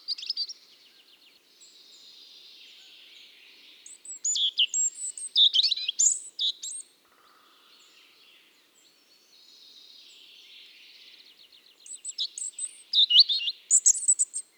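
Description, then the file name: European robin singing in separate phrases: hushed high warbling alternating with bright, rapidly changing notes and shrill thin whistles, with quiet gaps between. "Erithacus rubecula"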